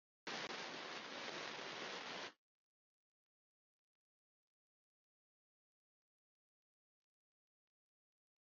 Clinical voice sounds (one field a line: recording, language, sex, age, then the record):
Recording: spoken sentence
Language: Brazilian Portuguese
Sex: male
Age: 40 to 49 years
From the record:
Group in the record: control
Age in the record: 43 years